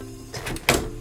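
A graphics card, its gold connectors and bracket lined up with the PC case's rear bracket, is pressed down into the top PCIe slot on the motherboard, chosen because the SSD sits at the bottom and would otherwise be covered, and because it looks nice. Soft scraping and a light tap at 0.6 s lead into a sharp, loud click at 0.7 s as the slot latch engages. The card is seated.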